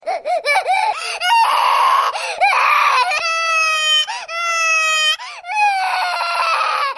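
A loud, high-pitched baby cry comes in repeated wails, some rising and falling, others held steady and tonal for about a second. Brief breaths and sobbing catches separate the bursts. This is vigorous crying.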